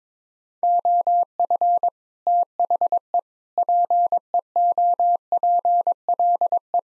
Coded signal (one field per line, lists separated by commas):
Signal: Morse code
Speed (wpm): 22 wpm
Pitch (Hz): 700 Hz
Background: none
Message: OF THE PEOPLE